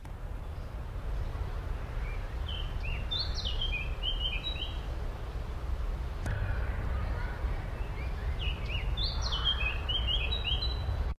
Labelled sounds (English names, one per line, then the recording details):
Eurasian Blackcap
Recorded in the wild
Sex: male
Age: adult
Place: Bürgerplatz, Berlin, DE
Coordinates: 52.62, 13.46
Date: 1994-05-12 10:18
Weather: sonnig, böiger Wind, 12-14°C
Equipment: Marantz CP 430, Sennheiser ME 80, Kopie Uher Variocord 263
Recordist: Tembrock, Günter
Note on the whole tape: Gesang